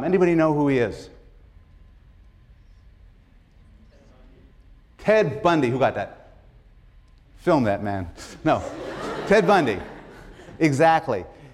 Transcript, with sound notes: Anybody know who he is? Ted Bundy. Who got that? Film that man [laughter]. No. Ted Bundy, exactly,